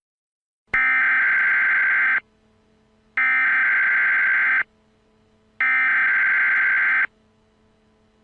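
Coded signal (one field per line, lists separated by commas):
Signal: Emergency Alert System (SAME) tones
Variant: header bursts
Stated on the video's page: Fictional, simulated EAS scenario from an alternate universe, remastered.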